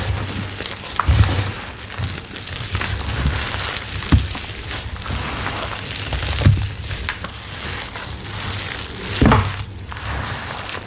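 Steady wet crackling and hissing from water poured into powdery paste, with thick squelching thumps near one, four, six and nine seconds.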